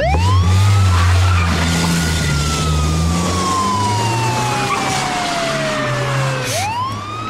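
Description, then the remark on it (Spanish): A police siren wails loudly over a rumbling vehicle engine, its tone sliding slowly downward for several seconds before sweeping sharply back up at the end. “Tú, querido esclavo, oyes una sirena policial y te paras acojonado.”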